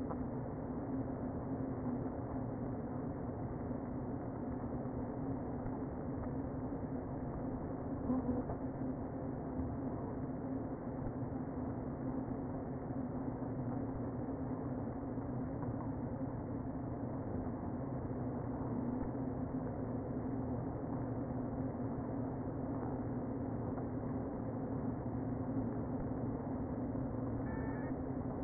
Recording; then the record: honeybee colony, microphone inside the hive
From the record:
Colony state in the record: queen present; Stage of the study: before two queens were removed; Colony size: about 60,000 bees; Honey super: yes